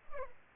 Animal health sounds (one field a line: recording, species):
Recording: mosquito wingbeat signal from an infrared sensor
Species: Culex pipiens